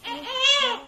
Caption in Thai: เสียงร้องของลูกทารก.